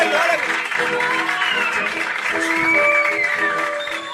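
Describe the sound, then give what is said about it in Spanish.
A burst of audience applause for a quiz contestant who has just won a trip to Bariloche lasts a few seconds, a dense steady clatter mixed with cheering, whistles and raised voices ringing over it. “¡Fuerte el aplauso! ¡Se ganó el viaje a Bariloche!”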